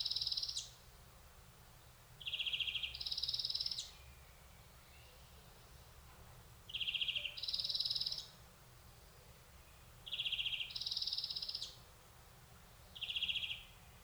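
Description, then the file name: European greenfinch giving short two-part trilled phrases, one lower and one higher, repeated every few seconds with quiet gaps between. "Chloris chloris"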